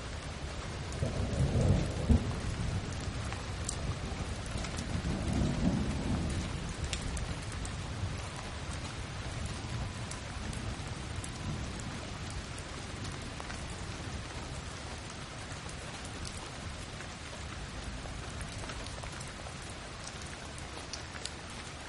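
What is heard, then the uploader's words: Steady rain falls in a dense, even hiss, with scattered drops pattering on a surface. Two deep, low rumbles of thunder roll through early, around two and five seconds, then fade, leaving the rain alone and constant for the rest. 8 Hours of Calming Rainstorm Audio.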